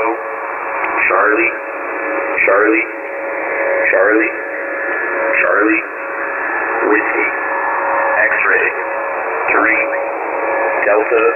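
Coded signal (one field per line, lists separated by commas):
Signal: coded military voice message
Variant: US HFGCS Emergency Action Message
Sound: voice steadily reading phonetic-alphabet letters and digits over shortwave radio hiss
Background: radio static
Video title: 194 character US Military Emergency Action Message | AVAILABLE | 231118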